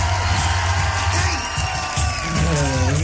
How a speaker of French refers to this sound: On applaudit encore un petit coup. Il est jeune.